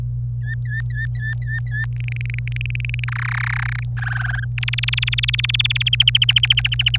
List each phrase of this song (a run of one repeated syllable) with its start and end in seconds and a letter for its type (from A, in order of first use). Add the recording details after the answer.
0.42-1.85 A, 1.96-3.04 B, 3.08-3.83 C, 3.97-4.44 D, 4.58-5.95 E, 6.00-6.97 F. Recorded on 26 April 2018 at 12:24. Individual llb3